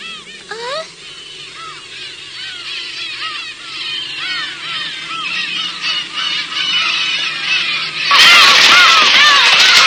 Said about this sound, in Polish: Widziałeś te ptaki? Przed czymś uciekają. Co je tak przestraszyło?